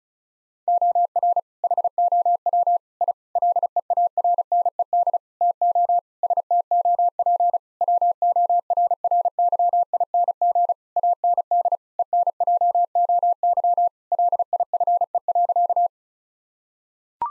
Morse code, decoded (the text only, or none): OR HOW I LEARNED TO STOP WORRYING AND ENJOY LIFE.